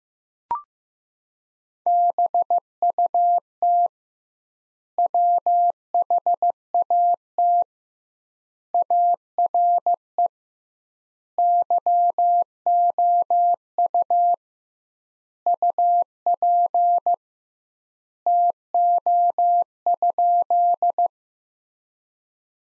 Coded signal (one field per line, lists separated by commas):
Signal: Morse code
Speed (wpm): 15 wpm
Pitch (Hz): 700 Hz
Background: none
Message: BUT WHAT ARE YOU UP TO?